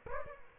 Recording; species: mosquito wingbeat signal from an infrared sensor; Aedes aegypti